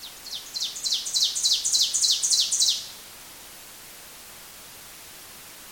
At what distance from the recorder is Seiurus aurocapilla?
about 5 m